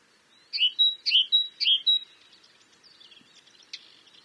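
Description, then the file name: Great tit call: a rapid run of about six loud, bright two-toned notes, followed by quieter thin high chirps and a brief click. "Parus major"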